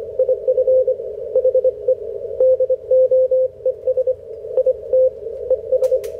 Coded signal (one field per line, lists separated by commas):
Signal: Morse code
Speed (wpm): 26 wpm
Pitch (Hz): 530 Hz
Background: none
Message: IF HE DOES IT ES